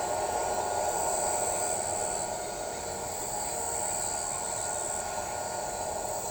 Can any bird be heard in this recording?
no